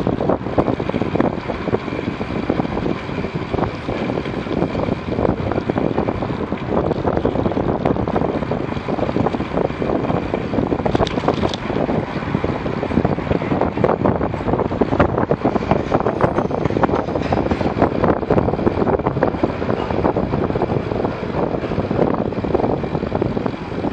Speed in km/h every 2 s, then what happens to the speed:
26, 22, 23, 25, 25, 25, 22, 24, 20, 18, 14, 12.
0-14 steady at about 24. 14-24 slows to 12.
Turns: none.